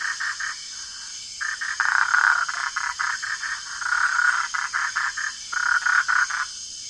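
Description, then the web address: Bufo typhonius: toad call, a fast pulsing trill repeated in bursts with brief pauses, beneath a constant high-pitched drone. Ecuadorian Amazon. "Frogs of Ecuadorian Amazon Bufo typhonius"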